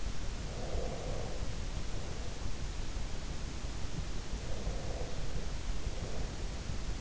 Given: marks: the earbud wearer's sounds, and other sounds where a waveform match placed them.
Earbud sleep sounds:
sounds in sleep by an in-ear microphone; breath
0.45-2.98 s: breath
4.41-7.01 s: breath

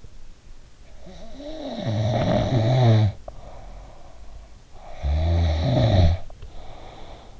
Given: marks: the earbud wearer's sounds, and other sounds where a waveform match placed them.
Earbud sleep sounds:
sounds in sleep by an in-ear microphone; snoring breath
0.97-4.51 s: snoring breath
4.77-7.40 s: snoring breath

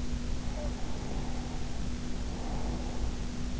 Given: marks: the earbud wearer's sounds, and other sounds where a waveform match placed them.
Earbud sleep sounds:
sounds in sleep by an in-ear microphone; snoring breath
0.43-3.40 s: snoring breath

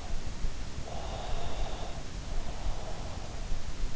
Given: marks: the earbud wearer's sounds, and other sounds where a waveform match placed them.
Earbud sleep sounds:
sounds in sleep by an in-ear microphone; breath
1.04-3.57 s: breath

